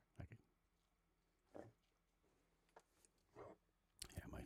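Several short, hacking cough bursts from a dog, then louder rough noise, fitting the honking cough of kennel cough. The case is severe, caught at a kennel, with nasal mucus, from an atypical strain needing a stronger antibiotic. The dog is patted on the side to help bring up phlegm.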